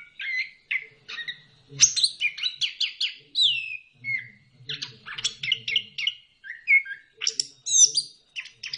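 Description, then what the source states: Bird song made of quick chirps, rising and falling whistles and buzzy notes, delivered in dense bursts throughout. Birdsong intended for mastering, that is training, pet birds.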